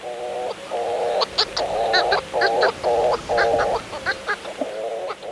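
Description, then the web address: Hawaiian petrel calling in a series of drawn-out nasal notes, mixed with brief sharp higher-pitched yips in between. At the mountaintop nest burrow on the rim of Haleakala volcano, Maui, at night, after returning from foraging at sea to feed its chick. "Birdnote. Hawaiian Petrels Atop Haleakala"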